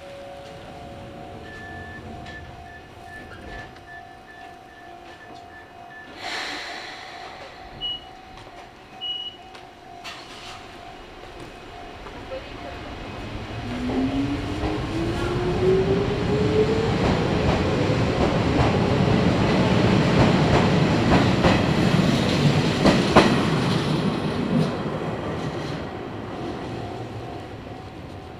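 A train on the Izu-Hakone Railway Daiyuzan Line, starting quietly with a steady tone, short beeps and a few clicks and knocks. From about 13 seconds a motor whine climbs in pitch as the train accelerates, and rumble and wheel clatter build to a loud peak around 23 seconds.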